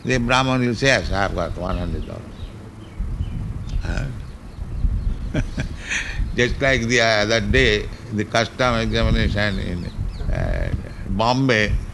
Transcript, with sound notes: a brāhmaṇa will say, "Sir, I have got one hundred dollars." [laughs] Just like the other day, the Customs examination in Bombay,